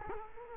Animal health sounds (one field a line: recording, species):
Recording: mosquito wingbeat signal from an infrared sensor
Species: Culex quinquefasciatus